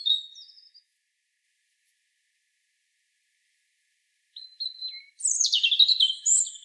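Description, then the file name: European robin singing thin, high drawn-out notes, a pause of several seconds, then a rapid tumbling warble of sharp high phrases. "Erithacus rubecula"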